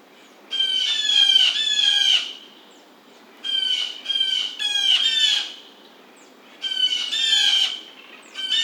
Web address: Blue Jay 2009 07 27 Blue Jay